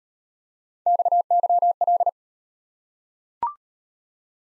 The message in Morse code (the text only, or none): XYL